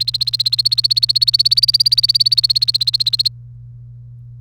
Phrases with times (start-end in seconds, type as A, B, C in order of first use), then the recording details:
0.00-3.28 A. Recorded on 1 May 2018 at 12:02. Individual llb3